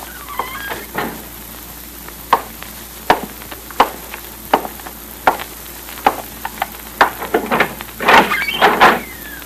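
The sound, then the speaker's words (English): An office door is eased shut quietly, with a series of soft clicks and knocks from the handle and latch, then a brief louder rattling scrape near the end. No one speaks. “Close the door quietly.”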